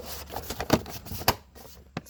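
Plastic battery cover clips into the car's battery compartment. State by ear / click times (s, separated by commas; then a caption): seated / 1.3 s, 2.0 s. After the slow-cranking bad battery is replaced in a 2014 Mercedes-Benz CLA 250, the plastic battery cover is pushed back into place in the car's battery compartment, with light handling taps and rustling. Its two clips snap in with sharp clicks at 1.3 s and 2.0 s, and the cover is seated.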